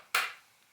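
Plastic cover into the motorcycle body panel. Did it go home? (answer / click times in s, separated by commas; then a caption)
yes / 0.1 s. A plastic cover panel on a Honda CT125 motorcycle is lined up and pushed down into the body panel while a 12v battery accessory plug is installed. It snaps into place with a sharp, bright click at 0.1 s that fades over about a quarter second, followed by a faint tick near 0.8 s. The cover is seated.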